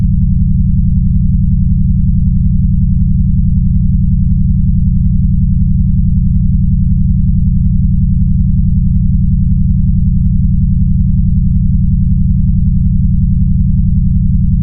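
Low-pitched generated tones hum steadily throughout, a dense, unchanging drone with faint rapid pulsing and nothing above the deep register.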